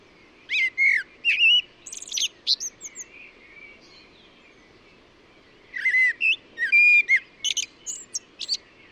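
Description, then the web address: Bird song in two bursts of varied whistled notes, slurred and chirpy, separated by a pause of about three seconds; quiet background. "cianscape birddata Deverinetal 2025 Bird Only Tu Me Tu Me"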